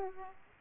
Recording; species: mosquito wingbeat signal from an infrared sensor; Aedes aegypti